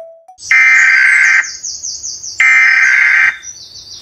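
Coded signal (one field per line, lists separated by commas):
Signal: Emergency Alert System (SAME) tones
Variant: header bursts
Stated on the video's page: EAS alarms hand recorded; background noise possible.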